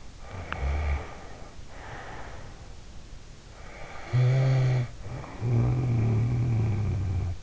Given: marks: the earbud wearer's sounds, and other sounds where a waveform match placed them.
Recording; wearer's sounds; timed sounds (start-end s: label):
sounds in sleep by an in-ear microphone; snoring breath
0.27-2.73 s: snoring breath
3.67-7.43 s: snoring breath